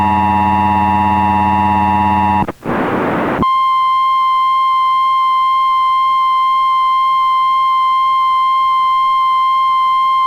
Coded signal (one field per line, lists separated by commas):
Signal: Emergency Alert System (SAME) tones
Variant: 853 and 960 Hz attention tone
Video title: EAS Mock - Tornado Warning 2001